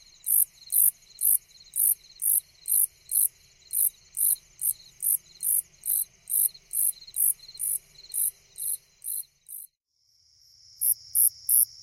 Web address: The Songs of Insects. Slightly Musical Conehead